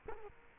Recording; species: mosquito wingbeat signal from an infrared sensor; Culex quinquefasciatus